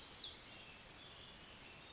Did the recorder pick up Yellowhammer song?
no